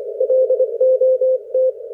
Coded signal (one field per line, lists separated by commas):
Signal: Morse code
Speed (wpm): 25 wpm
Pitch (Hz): 520 Hz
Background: none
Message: LOT